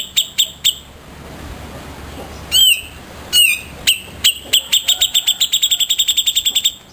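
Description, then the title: Grey-cheeked Bulbul song: a few spaced chirps, two slurred squeaky notes, then repeated bright notes speeding into a rapid chattering run. "Cucak Jenggot"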